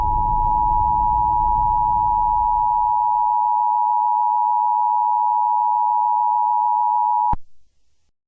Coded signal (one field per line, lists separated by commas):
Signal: Emergency Alert System (SAME) tones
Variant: 853 and 960 Hz attention tone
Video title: EAS EF1 TORNADO WARNING (Survive South School)